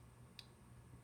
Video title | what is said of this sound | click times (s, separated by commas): Changing an Incabloc Setting in a Vintage ETA 2783 Watch Movement | So maybe I just seated it. | 0.4 s